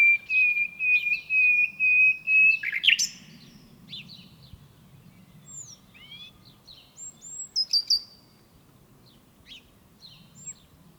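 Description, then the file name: Common nightingale song opening with a long run of pure, evenly pulsed whistles, then a loud burst and a quieter string of varied slurred and chirping notes. "Luscinia megarhynchos"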